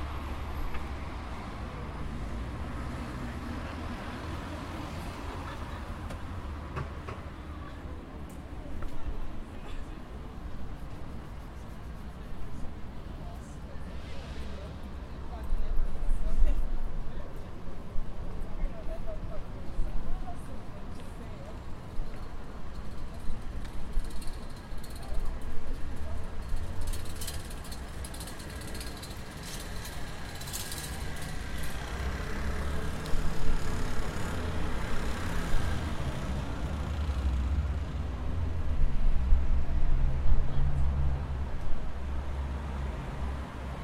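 Steady low rumble of idling engines fills lane 5 of the Padua bus station, with a constant hum underneath. Voices and vehicle noise come and go, growing busier after about fifteen seconds, with brief bright hisses and clatter near thirty seconds.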